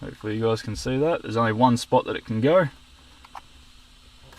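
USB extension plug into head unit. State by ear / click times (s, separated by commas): seated / 3.4 s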